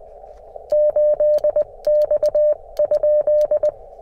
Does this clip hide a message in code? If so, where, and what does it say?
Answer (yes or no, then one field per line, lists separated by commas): yes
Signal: Morse code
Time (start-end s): 0.7-3.7 s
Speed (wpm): 20 wpm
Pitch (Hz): 600 Hz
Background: none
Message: 8X?